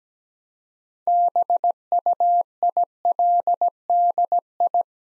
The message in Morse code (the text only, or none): BUILDI